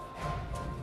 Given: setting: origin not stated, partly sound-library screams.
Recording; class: one-second piece from a danger detection set; woman in danger